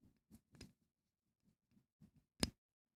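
A small screw is turned backwards into the handle threads of a folding knife during reassembly, held close to the mic, producing a few faint scratchy ticks. At 2.4 s the thread starts line up and the screw drops into engagement with a sharp click, showing it has seated and is ready to screw in without cross-threading.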